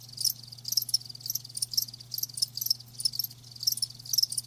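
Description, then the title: Cricket chirps, bright shrill trills in rapid clustered bursts, rising and falling in loudness over a soft constant low hum. Crickets chirping, presented as lulling sleep sounds. "Live Crickets Chirping"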